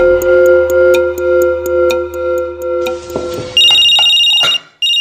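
A mobile phone rings at 8 in the evening with a loud, steady electronic ringtone, sustained tones under a ticking pulse that shift into a brighter, higher beeping pattern before cutting off. No one speaks.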